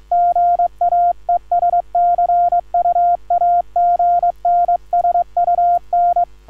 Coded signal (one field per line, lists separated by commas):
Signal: Morse code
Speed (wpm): 22 wpm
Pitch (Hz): 1400 Hz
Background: none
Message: GA ES CUAGN SUN